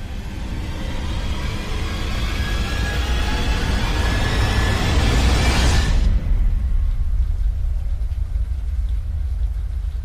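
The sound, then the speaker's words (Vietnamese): A loud, roaring thunderclap at night during a rainstorm swells across the first six seconds, then cuts off sharply into a low, steady rumble that lingers, with a rain-like hiss underneath and no voices. “Một tiếng sấm lớn vang lên giữa màn đêm mưa gió.”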